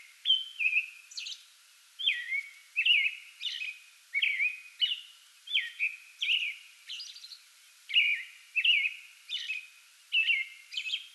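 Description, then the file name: American robin delivering a continuous run of whistled caroling phrases with high thin notes mixed in. Singing before dawn from a small tree in a front yard, 8 May 2022. "2022-05-08 American Robin pre-dawn singing from small tree in front yard"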